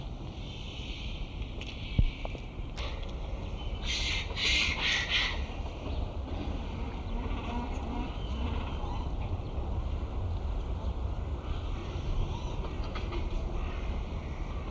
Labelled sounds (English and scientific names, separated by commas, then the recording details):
Great Cormorant (Phalacrocorax carbo) call
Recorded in captivity
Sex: group
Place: Zoo Berlin, Berlin, DE
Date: 1996-01-06 13:00
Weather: bedeckt, -4°C
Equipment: Sony WM-D6C, Sennheiser ME 80, Kopie Uher 4000 Report Monitor
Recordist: Tembrock, Günter